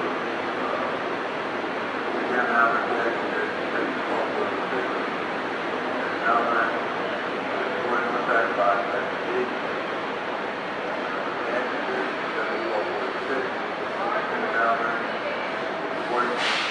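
A busy train platform fills with the dense murmur of many overlapping voices, steady throughout. Brief brighter squeals ring out around two, six, eight and fourteen seconds, and a sharp hiss rises at the very end.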